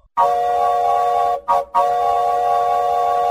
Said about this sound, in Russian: Вскоре впереди в лесу обозначился пологий холм и большие серебристые ворота с голубой надписью «Лед». Поезд подошел к воротам и дал сигнал.